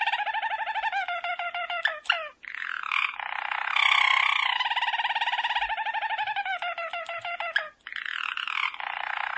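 Domestic canary delivering continuous rolling trills and pulsed tours that change speed and pitch, with two short pauses.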